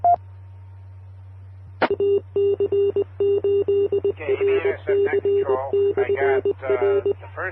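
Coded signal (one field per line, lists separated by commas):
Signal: Morse code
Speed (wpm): 20 wpm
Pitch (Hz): 400 Hz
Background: speech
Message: AC8RC/R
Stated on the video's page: Morse code ident heard on an amateur radio club repeater on 147.240 MHz.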